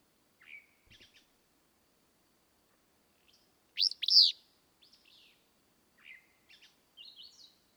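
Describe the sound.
Willow flycatcher song, one loud two-part phrase midway, with scattered faint chips and high thin notes before and after.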